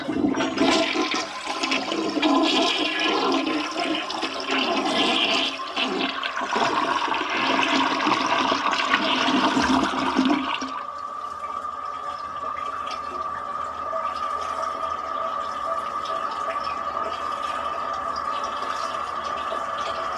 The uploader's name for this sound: Toilet Flushing